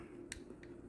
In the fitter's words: It just popped.